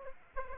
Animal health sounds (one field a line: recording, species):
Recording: mosquito wingbeat signal from an infrared sensor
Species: Aedes aegypti